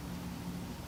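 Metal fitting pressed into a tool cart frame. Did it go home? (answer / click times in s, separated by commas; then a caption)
no / none. A metal fitting is pressed by hand into its slot in the frame of a metal Harbor Freight 5-drawer tool cart during assembly, a tight fit. Only a steady, low, engine-like hum is heard, with no distinct click or snap. Nothing has seated or clicked yet.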